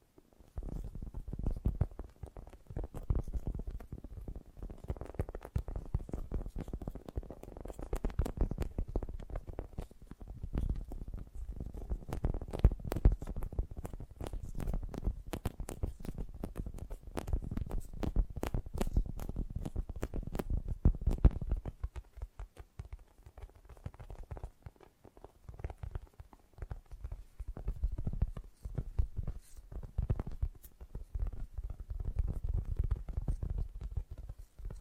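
Fast, gentle tapping runs throughout as a dense, rapid patter of soft clicks over a steady low rumble. The taps are busiest and fullest in the first twenty seconds, then thin out and turn lighter after about 22 seconds, with brief pauses between bursts.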